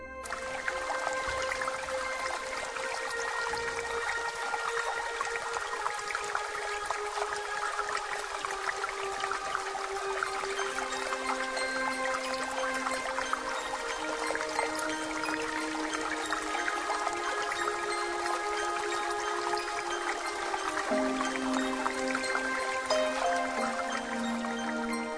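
Water from the Chorrera waterfall in the Valle del Ambroz pours and splashes in a steady, unbroken rush that holds at an even level throughout, with faint sustained tones woven underneath and no voices.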